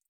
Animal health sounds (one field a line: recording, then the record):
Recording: hydrophone in a shrimp aquaculture tank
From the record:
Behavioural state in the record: feeding